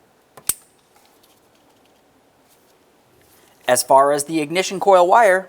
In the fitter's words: Press it up and in, listen for a click, make sure it's secure.